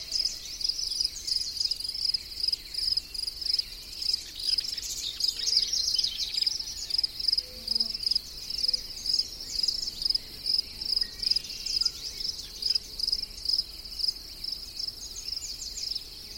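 Insects chirp in a steady, fast pulsing trill, high and bright, repeating evenly throughout over a soft low background hiss.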